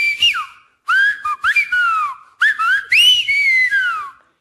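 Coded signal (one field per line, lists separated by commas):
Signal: whistled language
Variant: Silbo Gomero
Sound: a clear whistle gliding up and down in about four short phrases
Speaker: ça veut dire non c'estoo ha la vista c'est vrai c'est ce qu'on dit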